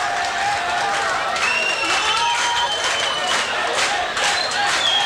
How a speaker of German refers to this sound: Ihr wisst scheinbar noch nicht mal, wie man klatscht. Man klatscht gemeinsam in einem Rhythmus.